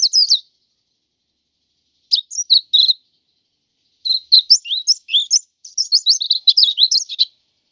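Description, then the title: White-eye song: short bursts of high, thin twittering notes, a brief phrase, a pause, then a longer rapid jumbled chatter, with no other sounds. "Suara burung pleci"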